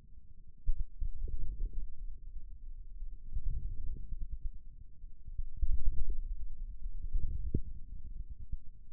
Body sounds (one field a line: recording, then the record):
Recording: forearm muscle sounds (acoustic myography)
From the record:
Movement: inward rotation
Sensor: system 2, bracelet of six BSWA MPA416 microphones around the upper forearm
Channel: 3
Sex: male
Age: 22 years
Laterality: right